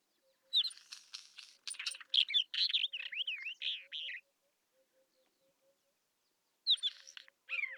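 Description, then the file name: Isabelline Wheatear giving a fast, varied song of looping whistles and harsh notes. A second shorter burst follows, with a soft low note repeating quietly in the background. Recorded at Telmen Nuur, Mongolia. "isawheat mng telmen-nuur"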